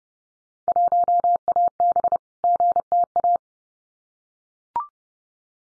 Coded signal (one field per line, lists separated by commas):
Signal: Morse code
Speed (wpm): 30 wpm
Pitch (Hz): 700 Hz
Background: none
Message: 1AB GTA